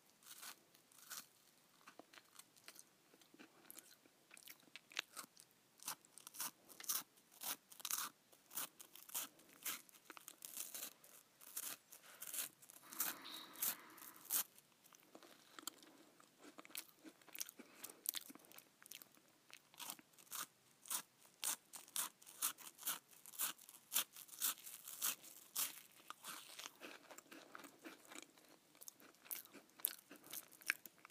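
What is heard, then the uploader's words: Someone eats saltine crackers, producing a dense run of dry, bright crunches that continue throughout with little pause. The bites and chews come rapidly and irregularly, some louder and sharper than others, over a faint, quiet background. ASMR Eating Saltines.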